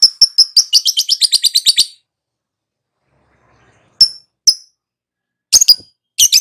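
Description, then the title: Lovebird chirping in high, sharp notes: a quick run of rapid chirps, a pause, then scattered short bursts of chirps. Recording used as a lure (pancingan) to prompt a lovebird to respond and sing vigorously (gacor). "Pancingan Lovebird Agar Nyaut GACOR."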